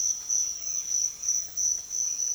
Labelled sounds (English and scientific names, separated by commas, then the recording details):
none
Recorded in secondary vegetation near Puerto Asís, Putumayo, Colombia, on 22 June 2025 at 06:00
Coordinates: 0.500, -76.326
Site GP08